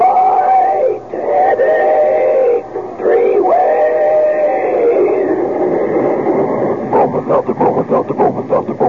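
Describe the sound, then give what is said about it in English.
A talking Bromo Seltzer train sound effect: a loud, droning whistle-like tone with shifting pitch for several seconds, then quick rhythmic chugging puffs that pulse steadily toward the end. “Meanwhile, here's a friendly tip from an old pal, our famous talking Bromo Seltzer train.”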